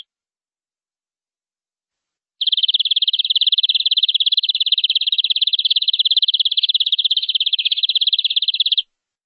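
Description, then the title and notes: Canary song: after two seconds of quiet, a very fast, dense buzzing trill runs steadily for about six seconds. "BM Suara Burung Kenari"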